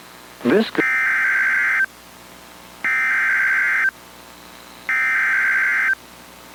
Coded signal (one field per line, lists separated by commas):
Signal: Emergency Alert System (SAME) tones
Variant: header bursts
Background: speech